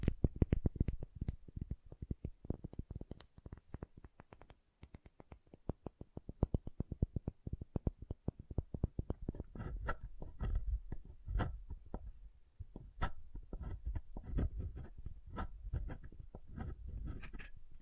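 Fingernails tap rapidly on hard soap, producing dense, irregular clicks, giving way after ten seconds to busier, brighter scraping and carving sounds.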